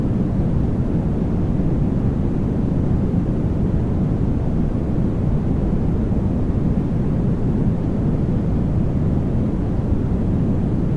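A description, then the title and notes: Steady white noise with no pauses or changes, weighted heavily toward a deep, dull rumble, like an engine drone, with little hiss. White noise.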